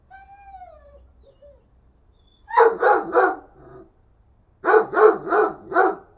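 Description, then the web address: Dog barks in two bursts of three and four rapid barks, preceded by a thin whine, with faint background hum. "Effects 02-Birds, Insects Animals. Animals dogs"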